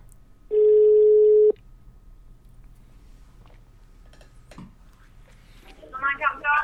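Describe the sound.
A single steady ringback tone sounds as Magnat Radio places a phone call that rings out, one loud, even, mid-pitched beep lasting about a second, followed by a quiet line, a click, and then a voice starting to speak.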